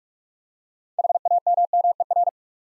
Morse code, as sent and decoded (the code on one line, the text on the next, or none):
.... .- -- -- . .-.
HAMMER